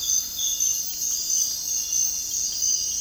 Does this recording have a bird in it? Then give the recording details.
no. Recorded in dense forest near Puerto Asís, Putumayo, Colombia, on 18 February 2024 at 06:00. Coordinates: 0.485, -76.318. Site G6408